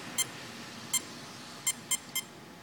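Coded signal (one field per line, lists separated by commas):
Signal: beep code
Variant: Castle Creations Mamba ESC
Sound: short electronic beeps: one single beep, then three quick beeps, over faint hiss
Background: faint room noise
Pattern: 1, then 3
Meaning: Brake/reverse setting, option number three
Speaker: got one beep and then three beeps so it's break reverse option number three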